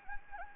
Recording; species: mosquito wingbeat signal from an infrared sensor; Anopheles gambiae